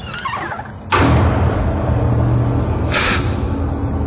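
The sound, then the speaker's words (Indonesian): A door is pulled open with a sudden thump, followed by a low, steady rumble and a brief scraping swish a couple of seconds later. No voices are heard. “Bergegas aku langsung membuka pintu itu lagi.”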